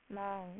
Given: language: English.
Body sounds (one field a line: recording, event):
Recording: throat vibration sensor signal played as sound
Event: speech